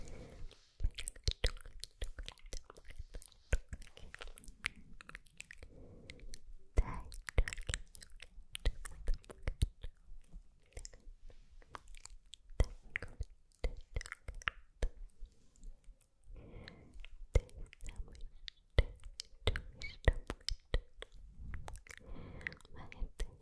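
Soft unintelligible whispers, broken by frequent crisp mouth clicks and chewing-like crunches scattered throughout, with brief pauses.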